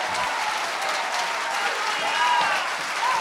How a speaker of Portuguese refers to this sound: E o povo de Israel aplaudia, aplaude o povo de Israel. E ele aplaudia.